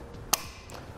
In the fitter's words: your tool is actually gonna start clicking and tell you that it's tight enough and that used to stop right